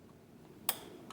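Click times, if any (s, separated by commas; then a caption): 0.7 s. On a 2022 Honda Goldwing up on its center stand with the rear wheel off the ground, the parking brake lever is pulled up by exactly one ratchet detent before the brake is adjusted. A sharp, bright ratchet click lands at 0.7 s, followed by a fainter tick near 1.1 s over quiet background. The lever seats at its first click.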